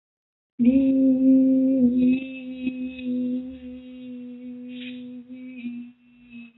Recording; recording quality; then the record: sustained vowel as in beet; excellent, no background noise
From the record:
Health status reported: healthy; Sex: female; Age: 32 years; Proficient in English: yes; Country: India